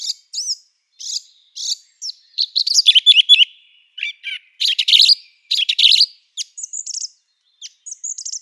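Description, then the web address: Song thrush delivering loud, rich phrases. Scratchy chatter bursts alternate with clear whistles, and lone high notes close the sequence. No other sounds. "Schulze Peter Song Thrush song"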